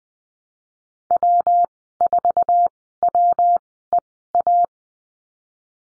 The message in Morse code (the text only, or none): W4WEA